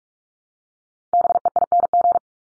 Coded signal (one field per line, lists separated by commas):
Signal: Morse code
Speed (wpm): 44 wpm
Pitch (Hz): 700 Hz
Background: none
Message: BEING